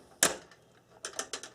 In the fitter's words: snaps right in and then